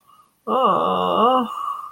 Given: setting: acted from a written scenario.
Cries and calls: vocal sound without words; guilt

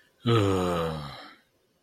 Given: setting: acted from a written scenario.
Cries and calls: vocal sound without words; guilt

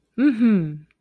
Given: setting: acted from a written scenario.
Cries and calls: vocal sound without words; pride

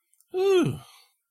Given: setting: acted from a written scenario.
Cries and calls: vocal sound without words; relief

